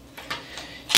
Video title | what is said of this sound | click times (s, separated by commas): How to insert & remove Browning trail camera battery trays | and sometimes it's a case of having to press firmly on the bottom to get it to click into place | 0.3 s